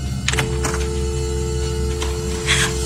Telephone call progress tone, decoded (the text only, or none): dial tone